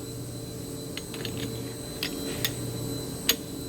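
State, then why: Seated. An aluminum dumbbell disc, oriented by its long slot, is slid onto a crossbar assembly over a low steady hum, with faint ticks and scrapes around 1.0, 1.3, 2.0 and 2.5 seconds. A sharp, bright click at 3.3 seconds marks the disc seating into place.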